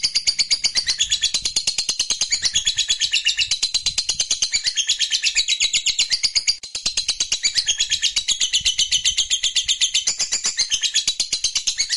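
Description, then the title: Lovebird singing rapid high chattering twitters, a steady buzzy pulse broken only by a brief catch midway before the fast song resumes. Fighter-type lovebird singing energetically (gacor). "SUARA Lovebird FIGHTER GACOR"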